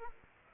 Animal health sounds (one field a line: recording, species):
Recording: mosquito wingbeat signal from an infrared sensor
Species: Aedes aegypti